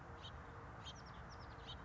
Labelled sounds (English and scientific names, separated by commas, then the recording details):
House Finch (Haemorhous mexicanus)
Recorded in Sonoma County, California